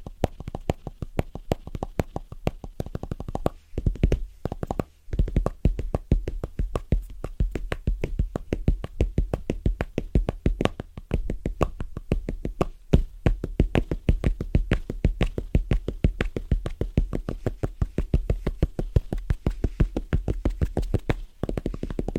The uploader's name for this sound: Fast & Rhythmic Tapping On Different Surfaces